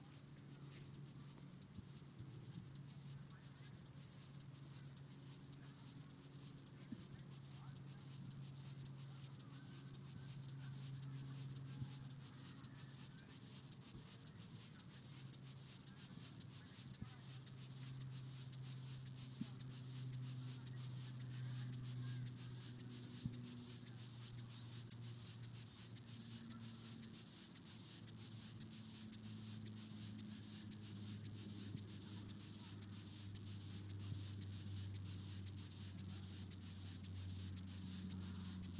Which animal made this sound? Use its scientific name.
Chorthippus apricarius